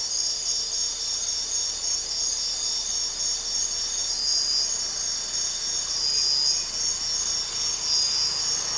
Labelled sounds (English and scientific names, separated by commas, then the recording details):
none
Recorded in dense forest near Puerto Asís, Putumayo, Colombia, on 4 March 2025 at 05:00
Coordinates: 0.467, -76.328
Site G041